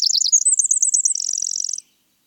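Winter wren singing a quick series of high, buzzy notes that runs into a fast, even trill before stopping abruptly, followed by silence.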